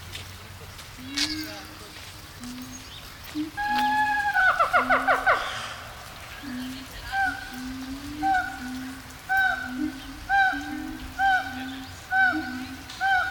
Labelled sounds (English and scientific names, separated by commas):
Siamang (Symphalangus syndactylus)